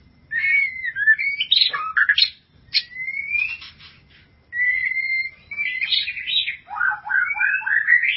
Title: Kicau Murai Batu